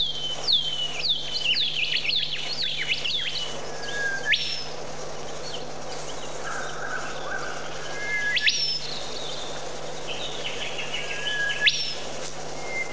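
Bird calls: a burst of quick descending whistles, then scattered clear whistled notes with abrupt upward and downward pitch jumps, over light background noise.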